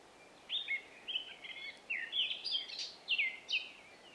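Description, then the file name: Eurasian blackcap song: short rich warbled phrases in quick succession with small gaps between them, clear and varied in pitch over faint background noise. "Sylvia atricapilla"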